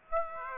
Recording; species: mosquito wingbeat signal from an infrared sensor; Aedes aegypti